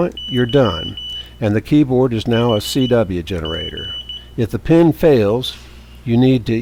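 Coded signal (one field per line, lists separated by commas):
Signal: Morse code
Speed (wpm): 15 wpm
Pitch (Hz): 2950 Hz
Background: speech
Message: Y HG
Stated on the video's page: Morse generated by a Bluetooth CW keyboard built on an STM32F411 microcontroller.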